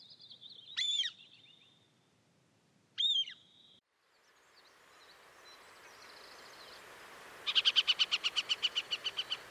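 Harrier calls: two loud arched whistled notes a couple of seconds apart, then hiss, then a fast run of many sharp repeated notes.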